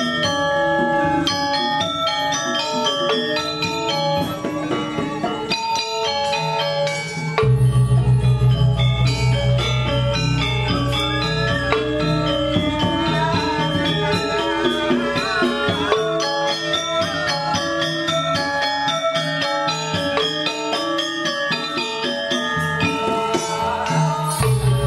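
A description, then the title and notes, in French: At Puri Saren Agung, Ubud's palace, dense bell-like metallic tones ring in rapid, steady patterns, with a deep booming swell around seven seconds. Puri Saren Agung, le palais d’Ubud. C’est un endroit qui donne sur la rue principale (Jalan Raya Ubud).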